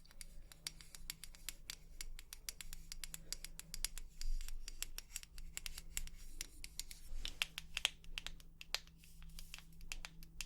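Quick, irregular tapping clicks come in dense bursts throughout, like keystrokes, over a steady low hum that fades in and out.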